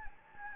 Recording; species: mosquito wingbeat signal from an infrared sensor; Anopheles gambiae